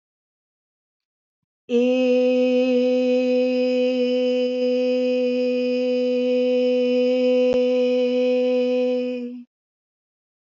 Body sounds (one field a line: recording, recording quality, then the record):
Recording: sustained vowel as in made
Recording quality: excellent, no background noise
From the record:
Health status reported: respiratory illness, not identified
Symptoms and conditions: asthma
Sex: female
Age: 37 years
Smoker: not ticked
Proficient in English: yes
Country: India